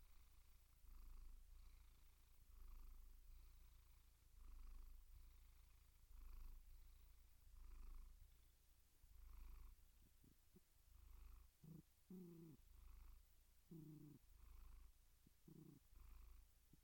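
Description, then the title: Cat purring in slow, soft pulses about every second or two, then a few short, low meows toward the end. "Relaxing Cat Meow Sounds"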